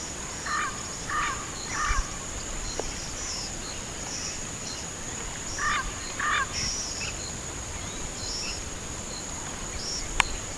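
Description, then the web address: Bird calls: short harsh notes in two groups separated by a pause, with scattered high chirps and a steady high hiss. "BIRD 2015 SABIOD"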